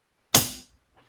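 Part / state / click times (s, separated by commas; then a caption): printhead retainer bar on edible ink printer carriage / seated / 0.4 s. The printhead sits back in the carriage of an edible ink printer, and its spring-loaded retainer bar is rolled back down until it snaps shut with one sharp click at 0.4 s. The click is followed by a short, bright ring that fades by about 0.7 s, and the bar is seated in place.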